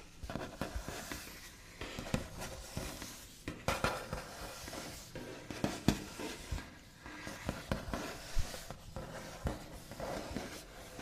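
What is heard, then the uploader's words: Fingernail backs scratch, tap and trace across a wooden table in a busy, uneven stream of small clicks and rasps. Sharper taps stand out near four, six and eight seconds, with short lulls between bursts of dry, bright scraping. Scratchy Tapping and Tracing on a Wooden Table with Backs of Nails.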